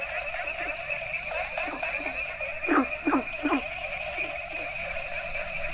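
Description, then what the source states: Frogs croaking in a dense chorus: steady high trilling over a buzzing drone, with a short run of three louder, rough croaks near the middle. A variety of Asian frog species calling together.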